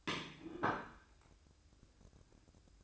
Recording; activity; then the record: daily activity, microphone in the room; place plate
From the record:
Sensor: 2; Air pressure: 1007.3 hPa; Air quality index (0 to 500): 42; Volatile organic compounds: 1 ppm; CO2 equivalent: 546 ppm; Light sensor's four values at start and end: 6/15/6/6 and 6/15/6/6